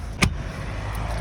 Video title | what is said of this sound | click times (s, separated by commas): Masalvan karavan wc kullanımı ve kaset boşaltma | kapat dönüyorsunuz ve o zaten tık diye yerine oturuyor ve | 0.2 s